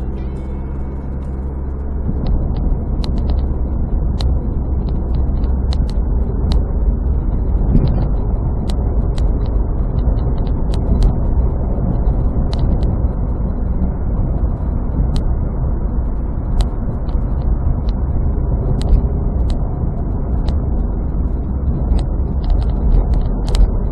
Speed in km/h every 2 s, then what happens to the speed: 49, 49, 48, 48, 56, 60, 61, 62, 57, 53, 49, 48.
0-6 steady at about 48. 6-10 speeds up to 60. 14-24 slows to 48.